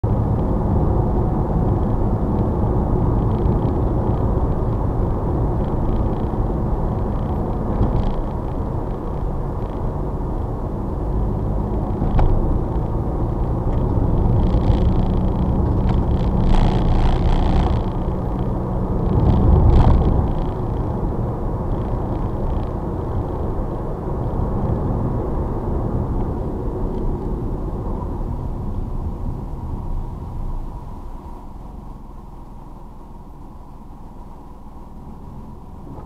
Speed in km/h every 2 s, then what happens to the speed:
60, 58, 56, 55, 48, 44, 48, 50, 52, 52, 53, 55, 50, 31, 16, 0, 0, 0.
0-9 slows to 44. 9-23 speeds up to 55. 23-30 brakes to 0. 30-36 standing.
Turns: none.